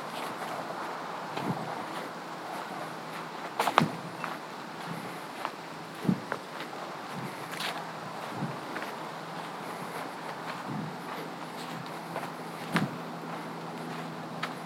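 Boots crunch and scuff on gravel in an irregular walking rhythm, a step roughly every one to two seconds, with a sharper crunch near four seconds and again near thirteen. A steady low rushing noise fills the background throughout.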